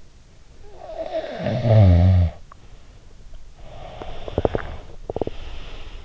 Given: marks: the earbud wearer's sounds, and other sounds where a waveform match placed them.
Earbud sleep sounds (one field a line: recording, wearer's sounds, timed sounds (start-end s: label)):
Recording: sounds in sleep by an in-ear microphone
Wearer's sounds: snoring breath, breath, teeth grinding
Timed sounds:
0.65-3.15 s: snoring breath
3.62-5.96 s: breath
3.90-5.46 s: teeth grinding